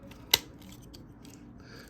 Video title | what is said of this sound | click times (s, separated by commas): Teenage Mutant Ninja Turtles (TMNT) x Transformers: Party Wallop review! | lower each foot tab straighten the leg you'll hear a click once it's in place | 0.3 s